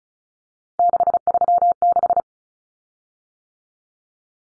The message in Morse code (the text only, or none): 636